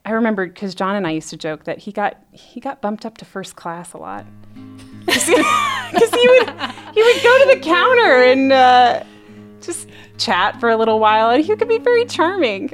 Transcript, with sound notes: I remember because John and I used to joke that he got bumped up to first class a lot. [laughter] Because he would go to the counter and just chat for a little while and he could be very charming.